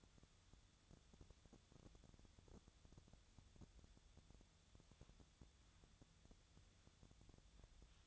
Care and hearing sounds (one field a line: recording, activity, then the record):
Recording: daily activity, microphone in the room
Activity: wipe stove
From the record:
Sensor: 3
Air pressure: 1004.8 hPa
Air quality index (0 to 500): 74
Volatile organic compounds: 2 ppm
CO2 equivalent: 1111 ppm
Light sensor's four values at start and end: 8/19/8/7 and 8/19/8/7